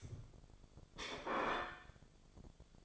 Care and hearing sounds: daily activity, microphone in the room; place plate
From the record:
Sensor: 5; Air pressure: 1004.4 hPa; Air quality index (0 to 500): 173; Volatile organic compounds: 4 ppm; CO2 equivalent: 1624 ppm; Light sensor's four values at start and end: 17/40/15/14 and 17/40/15/14

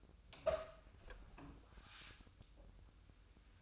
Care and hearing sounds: daily activity, microphone in the room; open door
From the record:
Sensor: 2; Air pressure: 1004.8 hPa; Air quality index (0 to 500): 74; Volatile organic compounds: 1 ppm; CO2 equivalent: 883 ppm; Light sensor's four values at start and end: 7/17/7/7 and 7/17/7/7

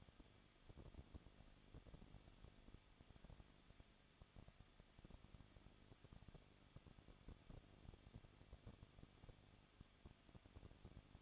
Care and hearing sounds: daily activity, microphone in the room; no activity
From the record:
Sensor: 4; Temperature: 23.0 degrees Celsius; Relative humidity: 34.3%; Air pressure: 1007.3 hPa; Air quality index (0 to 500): 217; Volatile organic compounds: 15 ppm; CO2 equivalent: 2519 ppm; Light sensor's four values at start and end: 2/3/1/1 and 2/3/1/1

